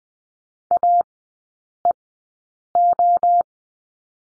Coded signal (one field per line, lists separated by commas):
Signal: Morse code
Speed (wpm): 20 wpm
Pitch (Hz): 700 Hz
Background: none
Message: AEO